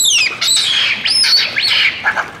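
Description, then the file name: Monkey calls: a quick run of shrill, squeaky squeals that slide up and down, loud throughout and fading at the end. "mona"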